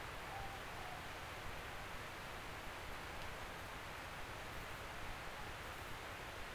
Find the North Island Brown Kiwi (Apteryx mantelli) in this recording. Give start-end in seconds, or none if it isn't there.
none